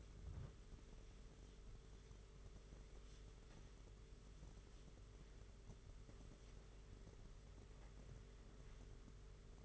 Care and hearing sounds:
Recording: daily activity, microphone in the room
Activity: wipe stove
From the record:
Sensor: 4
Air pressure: 992.3 hPa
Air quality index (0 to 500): 111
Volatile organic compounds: 20 ppm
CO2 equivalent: 2680 ppm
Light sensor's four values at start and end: 22/76/28/29 and 22/76/28/29

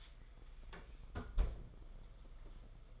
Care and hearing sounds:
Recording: daily activity, microphone in the room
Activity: close fridge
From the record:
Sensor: 5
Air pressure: 991.1 hPa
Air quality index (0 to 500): 114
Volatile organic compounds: 32 ppm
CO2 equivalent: 2994 ppm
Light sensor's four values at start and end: 34/106/41/43 and 34/107/41/43

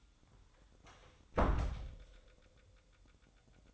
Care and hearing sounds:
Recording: daily activity, microphone in the room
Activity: close door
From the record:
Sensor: 3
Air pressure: 1004.9 hPa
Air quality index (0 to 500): 76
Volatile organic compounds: 2 ppm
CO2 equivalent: 1153 ppm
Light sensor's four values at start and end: 8/19/8/7 and 8/19/8/7

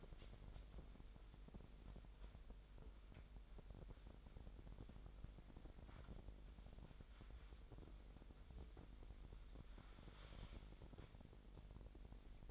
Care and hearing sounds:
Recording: daily activity, microphone in the room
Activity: wipe stove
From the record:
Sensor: 5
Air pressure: 1001.0 hPa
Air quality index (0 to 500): 246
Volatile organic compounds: 34 ppm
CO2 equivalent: 3040 ppm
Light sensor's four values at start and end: 28/64/26/24 and 31/71/28/27

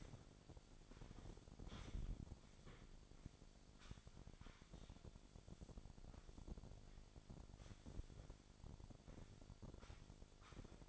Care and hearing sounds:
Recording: daily activity, microphone in the room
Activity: sweep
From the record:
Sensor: 5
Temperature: 26.3 degrees Celsius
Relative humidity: 38.1%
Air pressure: 1007.1 hPa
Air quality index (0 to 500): 179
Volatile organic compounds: 5 ppm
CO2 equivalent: 1708 ppm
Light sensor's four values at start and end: 56/159/62/62 and 56/159/62/62

